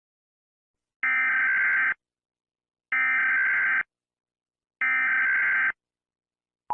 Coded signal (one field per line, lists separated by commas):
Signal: Emergency Alert System (SAME) tones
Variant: header bursts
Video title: EAS Scenario 1: Hazbin Hotel Horror Mayhem!!! (Read Description